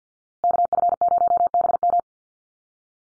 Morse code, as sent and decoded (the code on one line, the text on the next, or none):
-.- ..-. ----- -... --
KF0BM